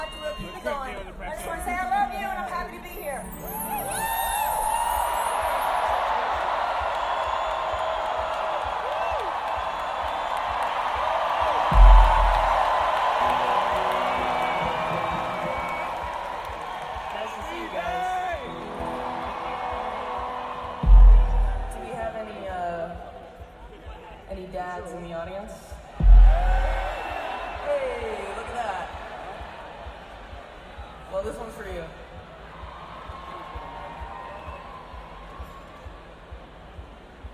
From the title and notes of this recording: Take a walk through Glastonbury Festival from the entry gates up to the stone circle.